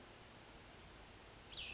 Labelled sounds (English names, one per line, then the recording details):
Cassin's Vireo
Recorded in Sonoma County, California